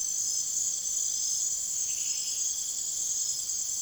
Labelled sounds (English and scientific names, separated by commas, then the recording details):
none
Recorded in secondary vegetation near Puerto Asís, Putumayo, Colombia, on 24 June 2025 at 02:30
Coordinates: 0.489, -76.322
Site G021